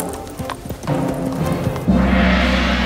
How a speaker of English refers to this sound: This scared the horse and sent him running away.